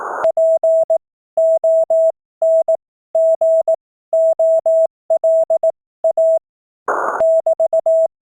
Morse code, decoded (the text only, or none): PONGOLA <BT>